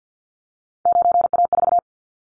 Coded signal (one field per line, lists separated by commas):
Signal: Morse code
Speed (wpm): 50 wpm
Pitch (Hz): 700 Hz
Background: none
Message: 9A4